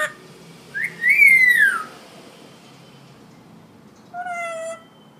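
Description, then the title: Hill myna whistling: a loud, clear note arching up then sliding down, a short lower whistle later, with quiet background hiss. Tutor recording for training birds; the myna is described as gacor, singing vigorously and often. "Suara Burung Beo Gacor Cocok Untuk Masteran"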